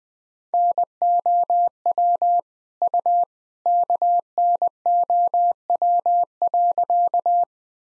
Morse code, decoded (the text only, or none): NOW U KNOW.